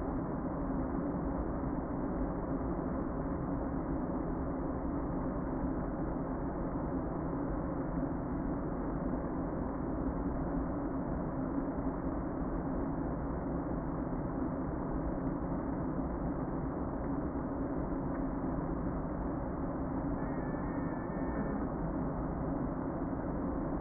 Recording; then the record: honeybee colony, microphone inside the hive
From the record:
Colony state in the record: queen present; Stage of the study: before two queens were removed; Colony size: about 60,000 bees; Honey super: yes